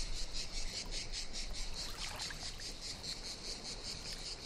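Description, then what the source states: Cicadas buzzing in regular pulses above a low wash of water on gravel. Cicadas in the morning at high tide at Brégançonnet calanque beach on the Mediterranean, with water lapping on sand and fine gravel.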